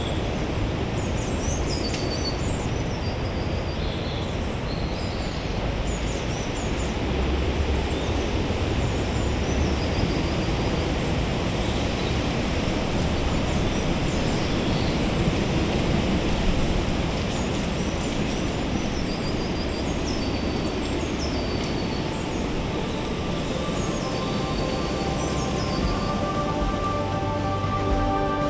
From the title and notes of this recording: This is a soundscape of Limbrick Woods - a beautiful woodland opposite the library and Jardine Crescent, recorded as part of the Tile Hill Pride of Place project.